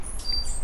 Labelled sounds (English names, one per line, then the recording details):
Stitchbird song
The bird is a male
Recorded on Tiritiri Matangi Island, New Zealand, in 2005
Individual 9, of nest box 11